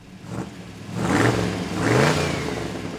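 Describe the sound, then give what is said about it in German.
An old Ford Model T car engine revs twice in quick succession, each rev rising in pitch then settling back to a steady rumbling idle, with no one speaking. “die Entwicklung jenes massentauglichen Allzweckwagens, der nicht nur ihn berühmt machen, sondern auch die Welt verändern sollte. Das Modell T.”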